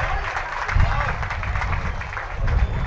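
A crowd applauds steadily for about three seconds, a dense wash of many hands clapping at once with no single claps standing out, and low murmuring voices blend underneath.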